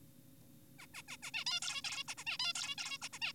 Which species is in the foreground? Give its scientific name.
Taeniopygia guttata